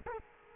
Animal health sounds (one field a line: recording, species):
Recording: mosquito wingbeat signal from an infrared sensor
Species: Culex quinquefasciatus